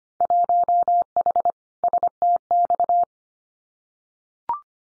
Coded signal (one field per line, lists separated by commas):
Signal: Morse code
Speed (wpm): 25 wpm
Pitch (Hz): 700 Hz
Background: none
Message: 1H STX